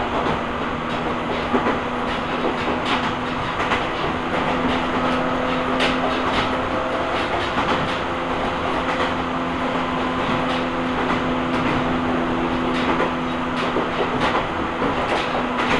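An Ohmi Railway train runs steadily with a constant low hum and rumble, sharp rail clicks and knocks recurring every second or two.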